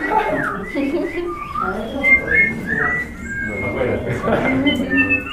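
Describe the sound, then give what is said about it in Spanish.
Several people whistle at once, overlapping tones gliding up and down in a loose, unsynchronized jumble, with murmured voices and background chatter underneath. “Miren que el silbido es lo más personal que hay.”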